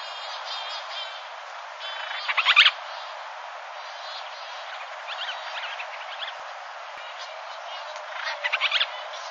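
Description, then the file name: Band-rumped storm petrel giving short rapid churring bursts with a squeaky end, one near the start and one near the end, faint chatter between, over constant hiss. "Band rumped Storm Petrel Oceanodroma castro"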